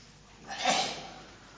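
A single sharp sneeze bursts out, a quick airy blast that peaks and fades within half a second against a quiet, faintly hissing background. No one speaks.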